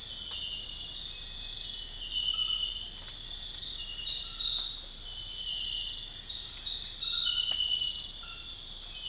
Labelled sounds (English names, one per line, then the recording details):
none
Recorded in dense forest near Puerto Asís, Putumayo, Colombia, on 4 March 2025 at 04:30
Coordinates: 0.484, -76.325
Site G045